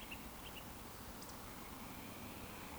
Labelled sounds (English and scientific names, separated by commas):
Eurasian Woodcock (Scolopax rusticola) whistle